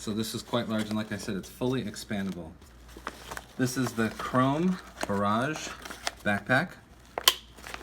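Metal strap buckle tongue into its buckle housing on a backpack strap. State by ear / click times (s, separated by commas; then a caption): seated / 7.3 s. Someone talks about a large, fully expandable Chrome Barrage backpack. Then the metal seatbelt-style chest strap buckle tongue is pushed into its buckle housing on the backpack strap and latches shut with a sharp snap at 7.3 s, fully seated.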